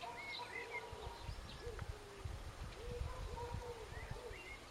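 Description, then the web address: Bird giving soft, low arched hooting notes in short series, over a rumbling low background noise. "Bird Only"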